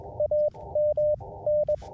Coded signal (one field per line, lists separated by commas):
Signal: Morse code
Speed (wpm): 22 wpm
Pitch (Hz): 590 Hz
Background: none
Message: AM N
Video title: A Triple Paddle Day